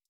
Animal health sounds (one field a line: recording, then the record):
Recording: hydrophone in a shrimp aquaculture tank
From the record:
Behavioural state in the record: stressed